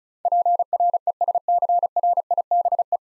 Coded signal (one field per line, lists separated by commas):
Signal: Morse code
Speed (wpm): 36 wpm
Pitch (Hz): 700 Hz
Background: none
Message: PRESCRIBE